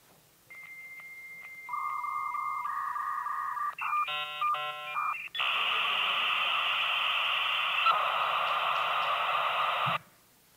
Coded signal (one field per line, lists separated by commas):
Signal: dial-up modem handshake